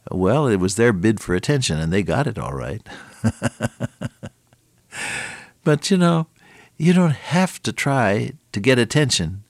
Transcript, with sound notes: Well it was their bid for attention and they got it all right (laughs) But you know, you don’t have to try to get attention.